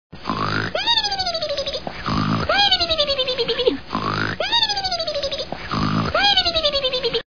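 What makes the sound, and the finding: Adult (sound effect). Snoring.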